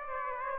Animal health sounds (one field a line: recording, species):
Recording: mosquito wingbeat signal from an infrared sensor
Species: Aedes aegypti